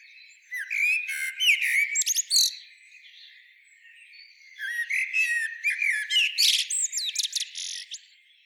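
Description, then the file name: Common blackbird song in two lively bursts of warbled notes, squeaks and shrill twitters, with a softer pause between them. "Turdus merula"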